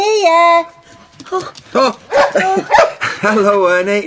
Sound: dog barking